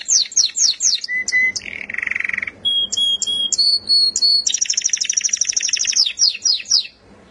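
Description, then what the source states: Canary song with quick descending slurs, a low buzzy trill, steady whistled notes and a long rapid high rattle, finishing with more downslurred notes. Champion singing canary.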